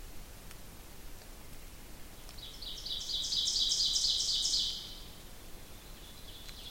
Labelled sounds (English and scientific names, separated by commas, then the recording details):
Ovenbird (Seiurus aurocapilla) song
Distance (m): 25 m
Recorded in boreal forest in Alberta, Canada, on 2 June 2016 at 06:28
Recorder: SongMeter 3, array SBT-3-7
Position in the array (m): 49 m, 149 m
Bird 4